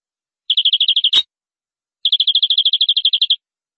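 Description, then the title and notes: Canary song: two bright, rapid trills of evenly repeated high notes, separated by a sharp click and a short pause. "BM Suara Kenari. BM Suara Burung Kenari"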